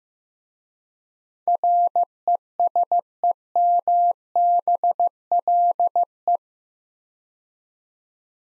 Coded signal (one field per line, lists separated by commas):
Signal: Morse code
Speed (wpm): 15 wpm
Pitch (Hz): 700 Hz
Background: none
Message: RESEMBLE